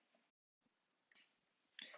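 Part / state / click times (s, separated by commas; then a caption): metal rod in a cast resin figure's hand / released / 1.1 s, 1.8 s. A metal rod, a staff cast into the hand of a hardened resin toy figure and sprayed with mold release beforehand, is twisted with pliers to break it loose from the resin before it is pulled out. Against a faint, quiet background, two sharp, bright clicks sound at 1.1 s and 1.8 s as the rod breaks away from the resin. The rod is released from the cast resin.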